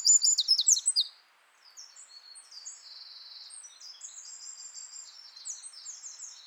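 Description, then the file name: Eurasian wren: the end of a shrill, rapid trilled phrase, then softer high twittering and trills. "Troglodytes troglodytes"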